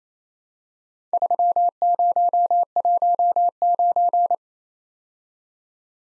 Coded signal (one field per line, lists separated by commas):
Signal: Morse code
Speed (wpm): 29 wpm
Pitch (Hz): 700 Hz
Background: none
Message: 3019